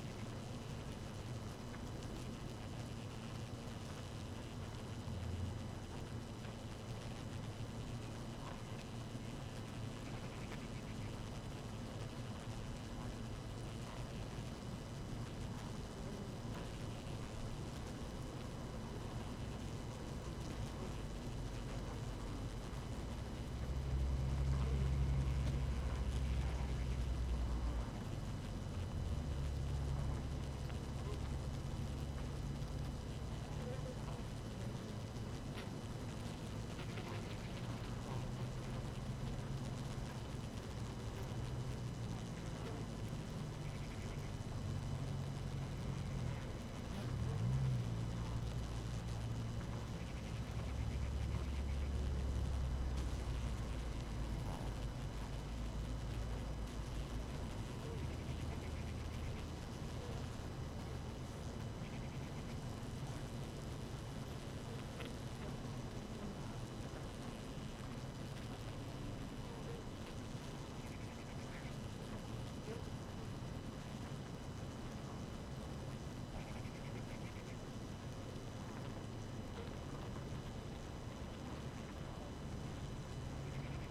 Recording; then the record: honeybee colony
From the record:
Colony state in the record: active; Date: 12 June 2018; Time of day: 6:03